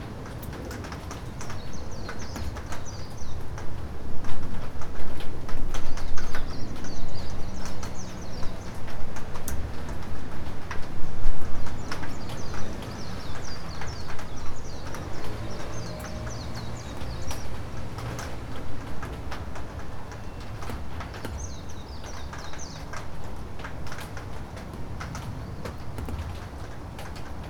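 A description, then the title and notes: A field recording made in Japan, filled with a dense, steady bed of low rumble and busy clatter. Sharp clicks and knocks, like hooves or footsteps, come irregularly throughout, loudest between about 4 and 12 seconds. Faint high chirping recurs in short bursts, likely birds. Field recordings I made in Japan.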